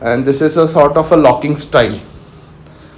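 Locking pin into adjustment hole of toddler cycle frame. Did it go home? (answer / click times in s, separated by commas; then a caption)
no / none. A locking pin is handled at one of the six adjustment holes on a toddler cycle frame while someone talks for about two seconds, followed by quiet low-level background. Nothing has seated or clicked yet.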